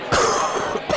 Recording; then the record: coughing mixed with background sound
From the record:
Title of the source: Coughing 79